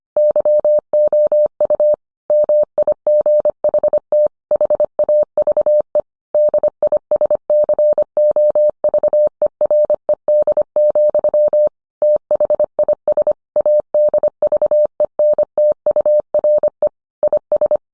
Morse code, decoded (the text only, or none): YOU MIGHT HAVE DISCOVERED, THIS ADVENTURE IS